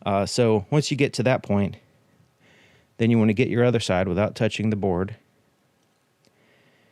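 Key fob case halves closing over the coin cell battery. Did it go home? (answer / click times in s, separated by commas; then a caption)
no / none. Someone talks while bringing the other plastic half of a Nissan key fob case into position over the coin cell battery, which sits as a friction fit rather than a snap, without touching the circuit board. Speech fills roughly 0–1.8 s and 3.0–5.2 s, with only faint low handling noise between and a brief quiet tick near 6.2 s. The halves are lined up to be pressed gently together, but nothing has seated or clicked yet.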